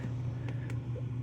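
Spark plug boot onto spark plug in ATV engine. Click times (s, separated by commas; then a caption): 0.5 s, 0.7 s. A rubber spark plug boot is pushed down onto the ceramic-topped spark plug of a 2003–2007 Suzuki Vinson 500 ATV engine. Two short, sharp snaps are heard at 0.5 s and 0.7 s over a steady low hum, and the boot seats on the plug.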